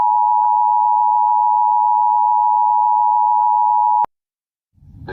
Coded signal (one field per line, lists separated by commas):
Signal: Emergency Alert System (SAME) tones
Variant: 853 and 960 Hz attention tone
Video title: Week of 2026-05-17 EAS 814-912 RWT RMT SVR SMW FFW